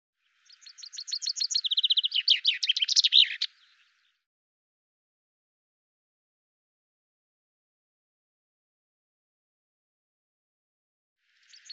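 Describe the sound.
Common chaffinch song: a run of bright repeated notes changing to a second series and ending in a strong flourish, then long quiet before a fresh song just starts at the end.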